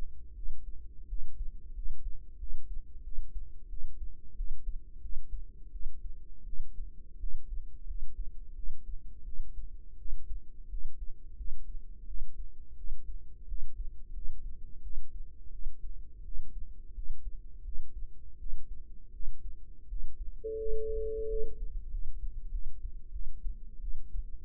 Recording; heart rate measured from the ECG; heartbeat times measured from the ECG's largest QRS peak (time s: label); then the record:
heart sounds by microphone in the right ear; 87 bpm
0.34 s: heartbeat
1.07 s: heartbeat
1.73 s: heartbeat
2.38 s: heartbeat
3.02 s: heartbeat
3.68 s: heartbeat
4.35 s: heartbeat
5.00 s: heartbeat
5.71 s: heartbeat
6.44 s: heartbeat
7.18 s: heartbeat
7.85 s: heartbeat
8.54 s: heartbeat
9.24 s: heartbeat
9.97 s: heartbeat
10.68 s: heartbeat
11.35 s: heartbeat
12.06 s: heartbeat
12.75 s: heartbeat
13.46 s: heartbeat
14.12 s: heartbeat
14.81 s: heartbeat
15.50 s: heartbeat
16.23 s: heartbeat
16.93 s: heartbeat
17.63 s: heartbeat
18.37 s: heartbeat
19.11 s: heartbeat
19.87 s: heartbeat
20.56 s: heartbeat
21.27 s: heartbeat
21.89 s: heartbeat
22.50 s: heartbeat
23.11 s: heartbeat
23.80 s: heartbeat
From the record:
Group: healthy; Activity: rest 0-14 s, breath hold 14-25 s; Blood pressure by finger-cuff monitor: 101/66 mmHg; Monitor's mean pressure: 75 mmHg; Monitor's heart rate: 87 bpm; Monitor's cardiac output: 6.7 L/min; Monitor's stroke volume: 78 mL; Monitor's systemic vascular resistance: 800 dyn s/cm5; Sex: female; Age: 19 years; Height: 163 cm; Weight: 48.9 kg